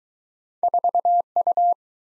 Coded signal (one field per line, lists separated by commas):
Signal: Morse code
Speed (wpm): 24 wpm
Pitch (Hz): 700 Hz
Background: none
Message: 4U